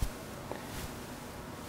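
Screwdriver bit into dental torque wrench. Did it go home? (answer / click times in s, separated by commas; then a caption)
yes / 0.5 s. A Nobel Biocare unigrip driver is pushed into the head of a dental torque wrench and turned until it locks. A single short, sharp click at 0.5 s stands out over faint background noise. The driver is seated and the wrench is ready for use.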